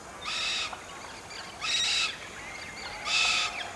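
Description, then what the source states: Red-tailed black cockatoo giving loud, harsh screeching calls, three drawn-out screeches about every one and a half seconds over steady background hiss. Mother cockatoo staying in the tree hollow with the egg, unable to fly off to feed, calls loudly to tell the father to bring her food.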